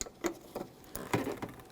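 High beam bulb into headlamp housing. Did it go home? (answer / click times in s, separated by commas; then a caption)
no / none. A new high beam bulb for a 1999-2006 Chevrolet Silverado 1500 is slid into the back of the headlamp housing and turned clockwise to lock it in. Short plastic ticks and scrapes of handling are heard at about 0.0, 0.3, 1.0 and 1.1 seconds. Nothing has seated or clicked yet.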